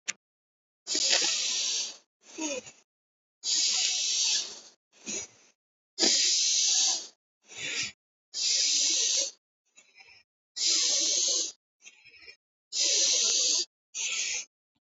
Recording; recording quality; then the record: deep breathing; excellent, no background noise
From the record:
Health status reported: healthy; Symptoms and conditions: none ticked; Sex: male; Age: 55 years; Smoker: not ticked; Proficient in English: yes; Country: India